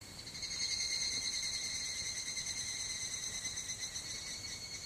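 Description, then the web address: Higurashi cicada song, a high ringing trill pulsing rapidly, steady throughout with faint background hiss. "kanakana higurashi"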